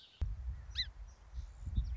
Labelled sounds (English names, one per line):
Song Sparrow